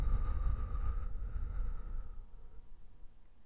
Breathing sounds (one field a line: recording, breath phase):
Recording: one breath near a microphone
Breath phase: exhalation